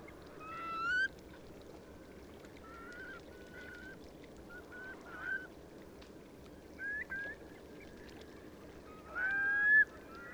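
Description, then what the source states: Eurasian curlew calls: several separate rising whistles at irregular intervals, the last one loudest, over a low rumbling background. A flock taking off.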